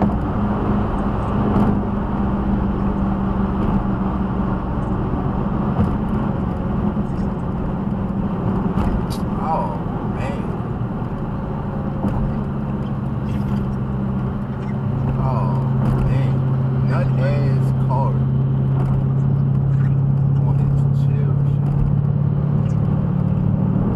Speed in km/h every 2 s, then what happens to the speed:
158, 153, 145, 137, 129, 114, 105, 101, 97, 105, 109, 114.
0-17 brakes to 97. 17-24 speeds up to 114.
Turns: none.